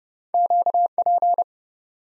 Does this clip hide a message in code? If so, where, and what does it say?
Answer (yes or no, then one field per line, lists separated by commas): yes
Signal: Morse code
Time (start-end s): 0.3-1.4 s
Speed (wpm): 31 wpm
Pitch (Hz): 700 Hz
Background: none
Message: QP